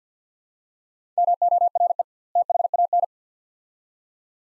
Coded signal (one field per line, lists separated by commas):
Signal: Morse code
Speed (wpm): 46 wpm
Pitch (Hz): 700 Hz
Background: none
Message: MORE THAN